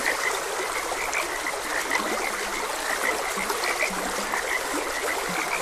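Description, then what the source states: Short high frog croaks repeat steadily while deeper, longer croaks sound now and then; a stream trickles constantly underneath. Frogs croaking beside a gentle stream.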